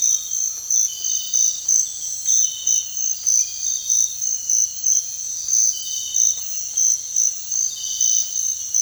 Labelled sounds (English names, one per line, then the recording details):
none
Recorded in dense forest near Puerto Asís, Putumayo, Colombia, on 16 December 2024 at 05:30
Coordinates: 0.468, -76.322
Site G071